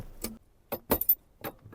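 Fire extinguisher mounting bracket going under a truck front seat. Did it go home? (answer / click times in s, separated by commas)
yes / 1.0 s, 1.1 s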